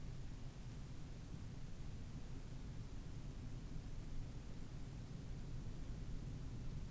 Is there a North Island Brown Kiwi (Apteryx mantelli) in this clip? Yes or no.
no